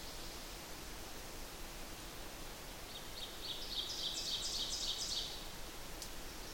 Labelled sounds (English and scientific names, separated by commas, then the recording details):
Ovenbird (Seiurus aurocapilla) song
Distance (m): 40 m
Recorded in boreal forest in Alberta, Canada, on 8 June 2016 at 06:48
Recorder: SongMeter 3, array SBT-3-9
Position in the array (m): 47 m, 103 m
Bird 33